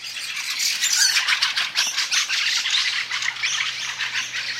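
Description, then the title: Fieldfare chatter, loud and harsh, a fast continuous stream of grating, squawky chak notes. "Viikon luontoääni: Räkättirastas"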